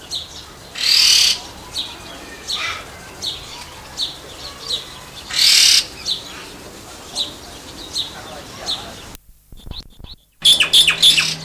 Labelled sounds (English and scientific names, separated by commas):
Red-tailed Laughingthrush (Trochalopteron milnei) call